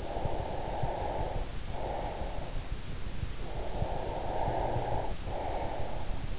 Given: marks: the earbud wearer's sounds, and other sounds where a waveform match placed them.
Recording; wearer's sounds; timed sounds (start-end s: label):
sounds in sleep by an in-ear microphone; breath
0.00-2.63 s: breath
3.36-6.27 s: breath